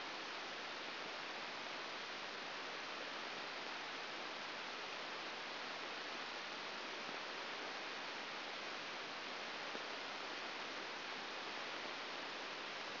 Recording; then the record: brain microelectrode recording played as sound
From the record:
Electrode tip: outside the subthalamic nucleus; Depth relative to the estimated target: -3 mm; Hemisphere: right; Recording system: AlphaMap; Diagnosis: Parkinson's disease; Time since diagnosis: 7 years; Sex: female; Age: 49 years